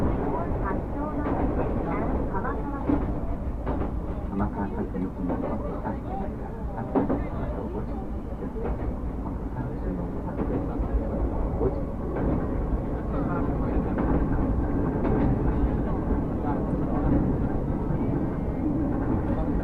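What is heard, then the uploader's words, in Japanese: Aboard a train on a suburban railway line, a steady low rumble of the carriage fills the whole time, with voices talking throughout. Brief clanks and knocks from the wheels and car body pop up every few seconds, while the overall loudness stays even. 耳で楽しむ鉄道旅 南武線・南武支線・鶴見線。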